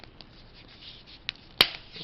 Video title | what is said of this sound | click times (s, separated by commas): Samsung T155G Tracfone Review.AVI | here's a snap you're done | 1.3 s, 1.6 s